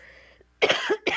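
Two quick, harsh coughs from an adult woman with asthma, with a short pause between them.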